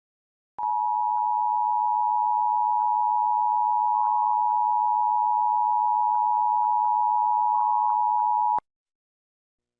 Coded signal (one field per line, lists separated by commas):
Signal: Emergency Alert System (SAME) tones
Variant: 853 and 960 Hz attention tone